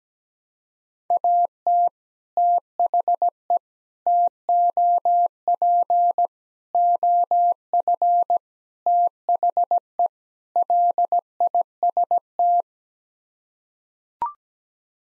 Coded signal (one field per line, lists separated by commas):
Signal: Morse code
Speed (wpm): 17 wpm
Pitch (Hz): 700 Hz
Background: none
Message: AT THE TOP OF THE LIST